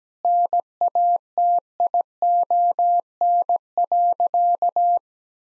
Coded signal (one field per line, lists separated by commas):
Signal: Morse code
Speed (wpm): 17 wpm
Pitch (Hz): 700 Hz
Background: none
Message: NATION.